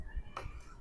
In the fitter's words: Okey macam ni dia lock kan.